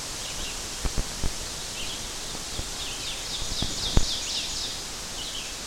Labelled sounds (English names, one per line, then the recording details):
Ovenbird song
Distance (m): 45 m
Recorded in boreal forest in Alberta, Canada, on 12 June 2016 at 06:03
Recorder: SongMeter 3, array SBT-3-18
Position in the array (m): 230 m, 88 m
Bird 31